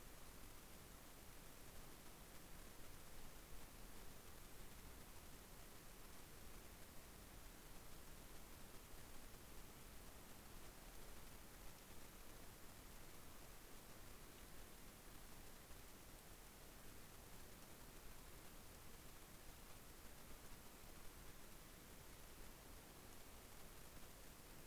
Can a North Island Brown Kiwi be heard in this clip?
no